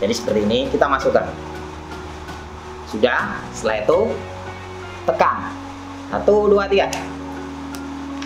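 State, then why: Seated. A plastic RJ45 plug fitted to a UTP LAN cable is inserted into a crimping tool and squeezed while someone talks and counts to three over a steady background hum with some musical tones. The tool clicks sharply at 7.8 s and 8.2 s as the plug is crimped, and the crimp is done.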